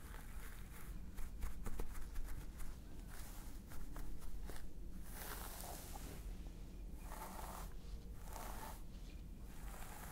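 Scalp massage with dense rustling and scratching, quick clicks early on, then slower swells of brushing from about five seconds.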